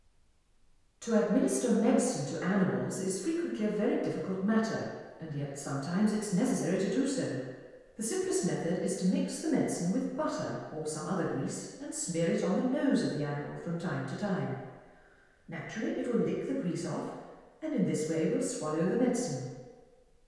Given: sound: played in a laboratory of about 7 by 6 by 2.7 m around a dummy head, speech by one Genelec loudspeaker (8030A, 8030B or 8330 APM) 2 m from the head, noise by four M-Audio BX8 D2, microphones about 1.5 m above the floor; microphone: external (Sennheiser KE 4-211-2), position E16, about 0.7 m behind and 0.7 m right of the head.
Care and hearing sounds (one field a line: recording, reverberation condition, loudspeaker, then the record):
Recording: female speech in English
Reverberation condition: high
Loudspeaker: 30 degrees to the left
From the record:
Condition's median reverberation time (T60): about 1300 ms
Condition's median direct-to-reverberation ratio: about -4.0 dB